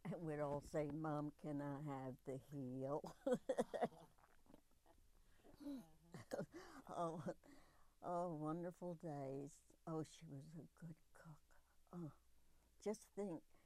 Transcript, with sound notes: And we'd all say, "Mom, can I have the heel?" [Laughs] Oh, wonderful days! Oh, she was a good cook! Oh, just think: